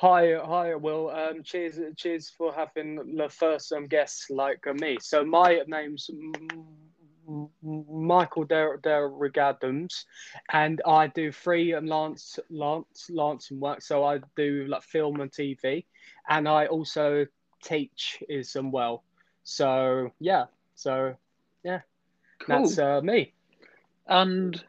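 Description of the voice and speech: A man introduces himself in a small room with repeated whole words, a long stall before his name, a repeated first syllable of his surname, and repeated syllables within 'freelance'. These word and part-word repetitions and blocks are typical of adult stuttering. He has stammered since childhood and attended the Michael Palin Centre.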